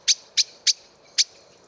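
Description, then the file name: Eurasian blackbird giving four loud, sharp ticking notes in quick succession, the last after a slightly longer gap. "Turdus merula"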